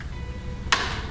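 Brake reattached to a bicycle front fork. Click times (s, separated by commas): 0.7 s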